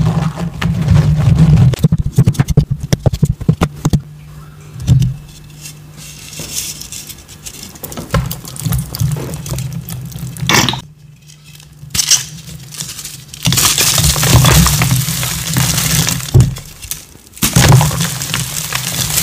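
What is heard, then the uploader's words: Gym chalk is crushed and squeezed, with soft crumbly crunching that comes in busy bursts, densest at the start and again around 13 to 17 seconds. Brief quiet pauses fall between the handfuls, and a low steady hum runs underneath throughout. Electric Purple Confetti Reforms Crush + Reform + Edit + Bloopers. Electric purple reformed gym chalk crush.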